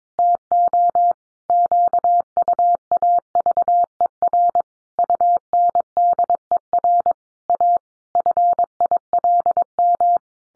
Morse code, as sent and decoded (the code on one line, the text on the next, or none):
- --- / --.- ..- .- ...- . .-. / ..- -. -.. . .-. / .- / ..-. .. .-.. --
TO QUAVER UNDER A FILM